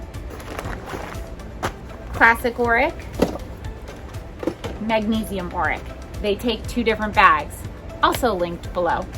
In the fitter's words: this one you do hear a snap.